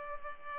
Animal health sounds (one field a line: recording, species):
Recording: mosquito wingbeat signal from an infrared sensor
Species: Culex pipiens